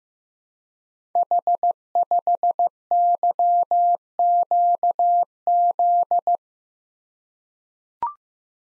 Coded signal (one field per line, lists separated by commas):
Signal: Morse code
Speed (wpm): 15 wpm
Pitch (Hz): 700 Hz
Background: none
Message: H5YQZ